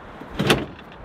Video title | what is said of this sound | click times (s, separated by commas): Jeep Gladiator Eco Diesel Off-Road - Overland Build - PT2 | Locks into place, super secure. | 0.5 s